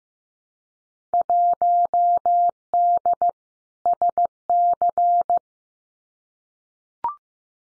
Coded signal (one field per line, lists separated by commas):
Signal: Morse code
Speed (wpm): 15 wpm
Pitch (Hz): 700 Hz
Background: none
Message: 1D SC